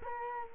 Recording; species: mosquito wingbeat signal from an infrared sensor; Culex quinquefasciatus